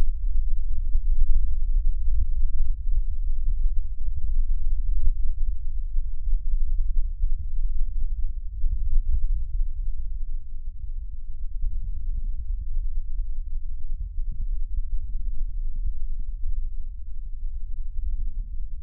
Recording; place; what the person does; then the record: lung sounds by stethoscope; left anterior apical chest; quiet breathing, then deep breathing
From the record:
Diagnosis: COPD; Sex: male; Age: 78 years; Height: 162 cm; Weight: 66.4 kg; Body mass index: 25.3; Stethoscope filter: bell mode